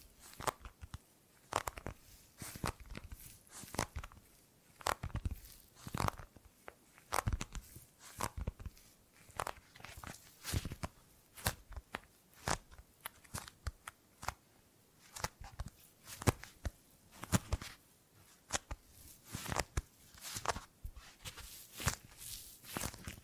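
Gripping and grabbing sounds: a quick, irregular run of sharp taps, rustles and clicks, several per second, over about 23 seconds. Each one is brief and crisp, from low thumps to bright snaps, with quiet gaps between them and no steady sound underneath.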